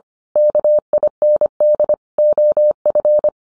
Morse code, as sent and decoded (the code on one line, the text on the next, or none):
-.- .. -. -.. / --- ..-.
KIND OF